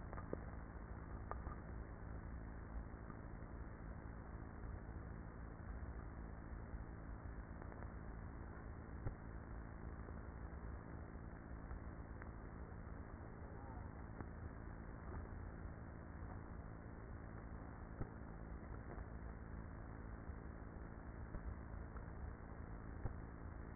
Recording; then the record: honeybee colony, microphone inside the hive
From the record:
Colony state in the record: queenless with a low population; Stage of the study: after two queens were removed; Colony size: about 30,000 bees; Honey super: no